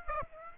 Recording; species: mosquito wingbeat signal from an infrared sensor; Aedes aegypti